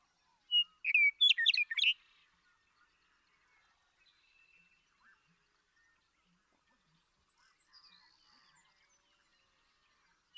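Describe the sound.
Western meadowlark delivers a single loud flutelike phrase ending in a warble, followed by quiet with faint bird notes and a final sharp note.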